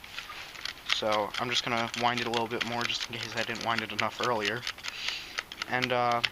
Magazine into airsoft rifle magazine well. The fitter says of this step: the magazine actually locks in place like a normal AK so you have to do that